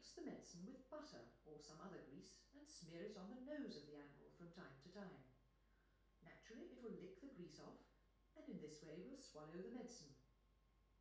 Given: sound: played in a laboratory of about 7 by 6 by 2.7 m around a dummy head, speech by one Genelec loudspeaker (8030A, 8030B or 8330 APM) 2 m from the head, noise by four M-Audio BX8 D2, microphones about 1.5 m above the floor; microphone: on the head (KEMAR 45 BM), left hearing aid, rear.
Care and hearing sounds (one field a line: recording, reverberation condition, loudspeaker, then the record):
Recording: female speech in English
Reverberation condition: medium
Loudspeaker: 60 degrees to the right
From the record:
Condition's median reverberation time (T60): about 510 ms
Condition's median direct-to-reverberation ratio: about -0.5 dB